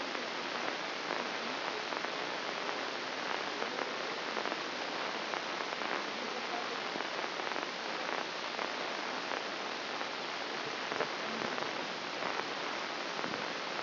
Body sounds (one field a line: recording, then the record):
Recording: brain microelectrode recording played as sound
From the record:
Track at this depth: inside the subthalamic nucleus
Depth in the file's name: 6.305 mm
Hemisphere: left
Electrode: 2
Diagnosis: Parkinson's disease